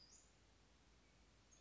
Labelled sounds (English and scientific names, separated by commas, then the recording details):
Western Flycatcher (Empidonax difficilis)
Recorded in Sonoma County, California